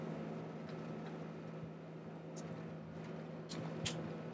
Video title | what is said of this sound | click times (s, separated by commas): How to Install Mini Split Cooper&Hunter | you have the click it's done | 3.9 s